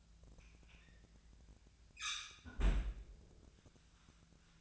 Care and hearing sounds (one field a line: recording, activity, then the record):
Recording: daily activity, microphone in the room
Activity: close fridge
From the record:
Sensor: 2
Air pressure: 1009.6 hPa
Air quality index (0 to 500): 183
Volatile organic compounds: 11 ppm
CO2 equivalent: 2280 ppm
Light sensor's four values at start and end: 27/65/28/31 and 27/65/28/31